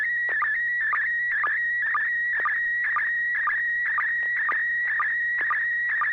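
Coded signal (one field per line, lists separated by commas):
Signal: SSTV (slow-scan television)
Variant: PD120 mode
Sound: warbling, buzzy tone shifting pitch, with a short low chirp about twice a second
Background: low hum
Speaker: PD 120, continuation from last week.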